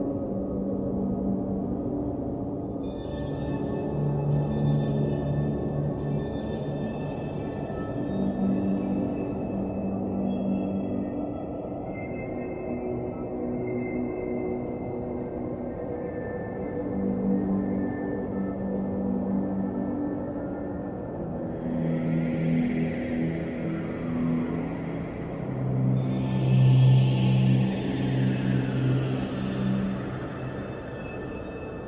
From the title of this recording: Futuristic city ambience